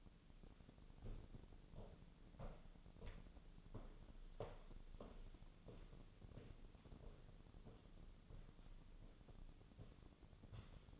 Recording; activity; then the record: daily activity, microphone in the room; walk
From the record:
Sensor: 4